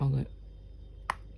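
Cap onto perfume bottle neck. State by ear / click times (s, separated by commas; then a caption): seated / 1.1 s. Someone talks briefly, then the cap of a genuine Narciso Pure Musc perfume bottle is pressed onto the neck, riding over a ridge and snapping into place with a short, sharp click at 1.1 s. The cap is seated and holds the bottle firmly.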